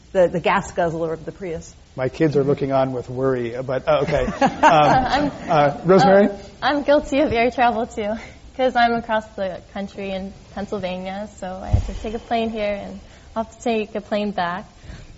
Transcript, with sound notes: the gas guzzler of the Prius.
My kids are looking on with worry but, okay.
[Laughter]
Rosemary?
I'm guilty of the air travel too because I'm across the country in Pennsylvania, so I have to take a plane here, and I have to take a plane back.